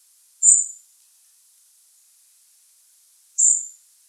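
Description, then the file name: European robin giving two high, thin, drawn-out call notes about three seconds apart, with nothing else audible. "Erithacus rubecula"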